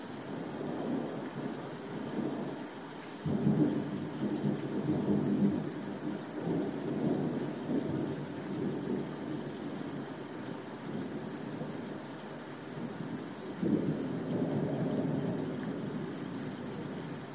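Thunder rumbles on without a break, a deep, rolling murmur that swells and fades. Two louder rolls break in abruptly, one at about three seconds and another near fourteen seconds, each surging and then easing back into the low grumble.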